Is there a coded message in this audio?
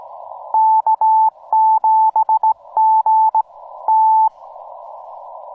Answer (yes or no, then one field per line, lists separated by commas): yes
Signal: Morse code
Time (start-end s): 0.5-4.3 s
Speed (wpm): 19 wpm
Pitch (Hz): 880 Hz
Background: none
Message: K7GT